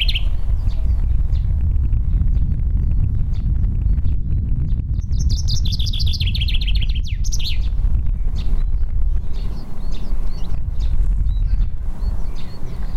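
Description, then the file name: Common chaffinch singing one short descending trill that finishes with a flourish, partly masked by strong, steady low rumble. "Fringilla coelebs"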